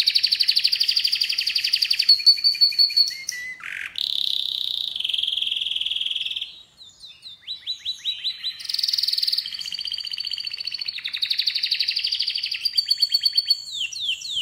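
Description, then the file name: Canary song, loud and continuous: fast trills and rolling buzzy tours, long sustained whistled notes, abrupt switches between rattling and smooth phrases, with a short pause midway. "Canary Voice"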